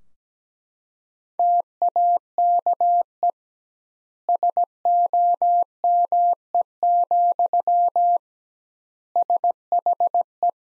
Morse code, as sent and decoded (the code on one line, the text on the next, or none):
- .- -.- . / ... --- -- . --..-- / ... .... .
TAKE SOME, SHE